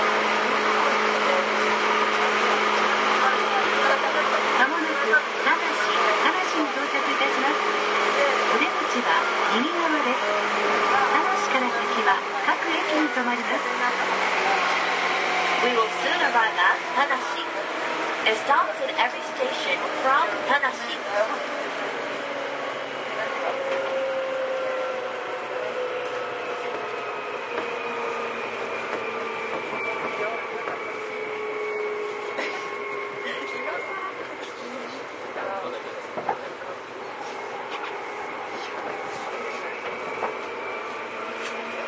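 A Seibu old 2000 series train runs between Seibu-Shinjuku and Hon-Kawagoe, with a steady rolling rumble throughout. Whining motor tones slide downward around 13–16 seconds, then settle into long, slowly drifting tones as the sound eases slightly after 25 seconds.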